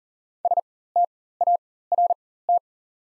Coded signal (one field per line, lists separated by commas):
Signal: Morse code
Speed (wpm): 40 wpm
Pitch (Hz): 700 Hz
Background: none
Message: START